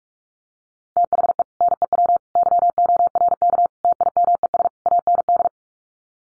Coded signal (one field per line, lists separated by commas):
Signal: Morse code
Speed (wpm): 44 wpm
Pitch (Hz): 700 Hz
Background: none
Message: THE NEW YORK TIMES AND